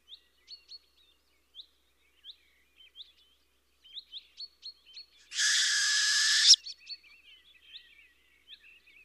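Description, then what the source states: Owl producing one loud, hoarse hissing screech of about a second midway, surrounded by scattered high, sharp chirps. Fierce call.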